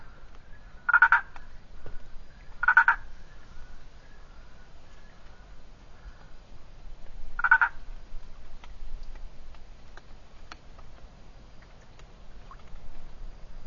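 Boana prasina treefrog calling with three short, pulsed croaking bursts, the first two about two seconds apart and the last after a longer pause.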